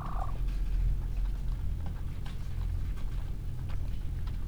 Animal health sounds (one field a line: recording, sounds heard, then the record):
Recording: poultry house recording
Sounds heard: sick chickens (respiratory disease)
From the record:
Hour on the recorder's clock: 15